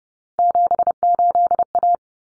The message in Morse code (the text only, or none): 78A